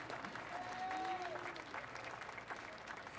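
Crowd applause at a demonstration against racism and fascism organised by Comité 21 Maart, a protest backed by 241 organisations: steady, dense clapping from many hands fills the whole stretch, with a brief faint whistle-like tone rising over it early on.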